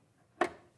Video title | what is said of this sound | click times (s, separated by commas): HM Live 12/12/23 | there we go yeah heard it clicking | 0.4 s